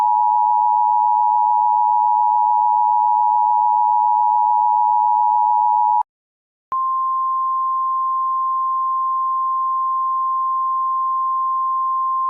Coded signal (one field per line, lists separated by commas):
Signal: Emergency Alert System (SAME) tones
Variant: 853 and 960 Hz attention tone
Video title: EAS Classic: The EAS Interrupts Microsoft Sam Reads Computer Errors (Original Re-Edit)